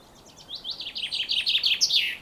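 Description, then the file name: Common chaffinch song: a quick series of bright chirping notes, growing louder, ending in a short flourish after about two seconds. "Fringilla coelebs"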